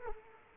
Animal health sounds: mosquito wingbeat signal from an infrared sensor; Culex quinquefasciatus

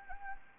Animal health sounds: mosquito wingbeat signal from an infrared sensor; Anopheles gambiae

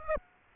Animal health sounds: mosquito wingbeat signal from an infrared sensor; Aedes aegypti

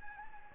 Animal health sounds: mosquito wingbeat signal from an infrared sensor; Anopheles gambiae

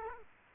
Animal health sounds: mosquito wingbeat signal from an infrared sensor; Culex quinquefasciatus

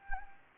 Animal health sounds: mosquito wingbeat signal from an infrared sensor; Anopheles gambiae

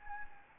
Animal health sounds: mosquito wingbeat signal from an infrared sensor; Anopheles gambiae

